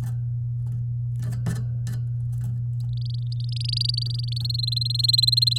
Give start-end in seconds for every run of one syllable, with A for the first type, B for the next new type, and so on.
2.97-4.56 A, 4.58-5.58 B